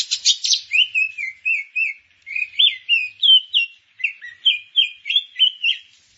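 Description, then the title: Grey-cheeked bulbul song opening with harsh buzzy notes, then a steady series of rolling, slurred whistled phrases repeated with short gaps. "Kicau Burung Cucak Jenggot"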